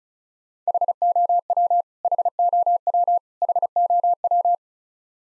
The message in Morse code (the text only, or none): HOW HOW HOW